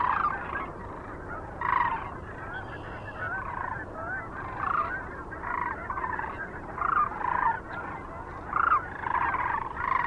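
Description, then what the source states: Sandhill Crane calls: distinct loud rolling bugles stand out at intervals above a softer, continuous flock chorus. Recorded 9 March 2004 near Kearney, Nebraska, USA, with other sounds.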